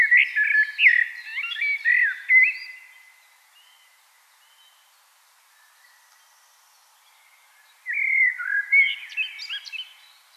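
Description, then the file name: Common blackbird song: a warbled phrase of deep fluty notes with high scratchy ends, soft twitters, then another rich phrase starts. "Turdus merula"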